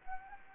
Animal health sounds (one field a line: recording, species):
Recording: mosquito wingbeat signal from an infrared sensor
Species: Anopheles gambiae